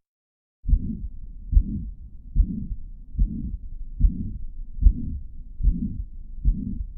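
Regular heartbeat near 73 a minute with a continuous murmur filling systole: pansystolic murmur of mitral regurgitation.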